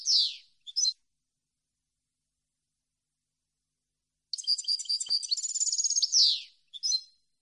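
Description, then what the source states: European goldfinch singing: a downward buzzy sweep and short chirps, a long pause, then a rapid jingling phrase of bright twittered notes ending in a falling buzz and final chirps. Clean goldfinch song on CD, for birds to copy as song training.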